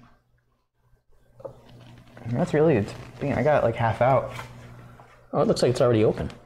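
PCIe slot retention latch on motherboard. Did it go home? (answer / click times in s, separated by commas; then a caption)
no / none. A graphics card is being removed from a motherboard, with the plastic retention latch on the PCIe expansion slot involved. Someone talks throughout, and a few faint, brief handling sounds occur around 1.4 to 2.0 seconds. Nothing has seated or clicked yet.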